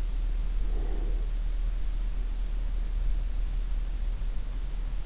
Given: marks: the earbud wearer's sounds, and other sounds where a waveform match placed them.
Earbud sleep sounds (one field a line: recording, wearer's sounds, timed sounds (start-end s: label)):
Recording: sounds in sleep by an in-ear microphone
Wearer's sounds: breath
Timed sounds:
0.47-1.35 s: breath